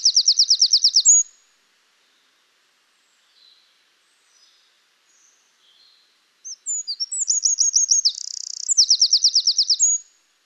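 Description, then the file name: Eurasian wren song: the end of a very high, rattling trill, a quiet gap, then another full song of sharp notes, a buzzy section and rattling trills. "Troglodytes troglodytes"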